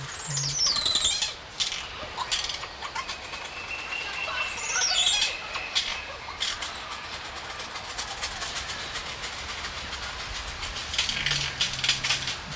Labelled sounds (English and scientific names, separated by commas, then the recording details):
Yellow-faced Myna (Mino dumontii)
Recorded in captivity
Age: adult
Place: Zoo Berlin, Berlin, DE
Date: 1994-01-08 11:15
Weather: wolkig bis sonnig, 6 °C
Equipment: Marantz CP 430, Sennheiser MKH 416 T, Kopie Uher Variocord 263
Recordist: Tembrock, Günter